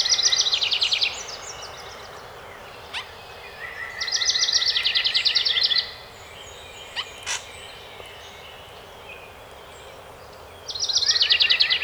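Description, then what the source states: House wren singing three separate rich, cascading trills, roughly every five seconds, with a few sharp clicks in between. Recorded 12 May 2018.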